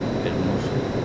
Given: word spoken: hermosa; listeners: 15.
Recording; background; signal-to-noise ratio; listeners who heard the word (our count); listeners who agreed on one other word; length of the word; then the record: one Spanish word in noise, from a listening test; speech-shaped noise; -5.2 dB; 0 of 15; 10 of 15; 0.65 s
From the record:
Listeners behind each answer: 10, 1, 1, 1, 1, 1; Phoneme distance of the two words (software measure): 10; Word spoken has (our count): 3 syllables, 6 phonemes, stress on syllable 2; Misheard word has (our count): 3 syllables, 6 phonemes, stress on syllable 2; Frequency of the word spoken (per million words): 25.18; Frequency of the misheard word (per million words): 22.75